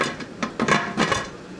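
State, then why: Seated. A metal pressure canner lid, lined up by its V marks, is twisted onto the canner pot with metallic scraping and clinking. Sharp locking clicks sound at 0.4 s and 0.6 s, and the lid locks on.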